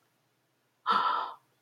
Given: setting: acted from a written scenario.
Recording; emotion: vocal sound without words; fear